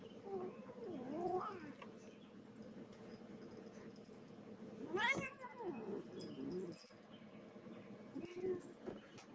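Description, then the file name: Cat meowing repeatedly: a wavering meow early on, a louder bright meow around the middle, and a shorter call near the end. Pet cat. "My Cat Callie Meowing"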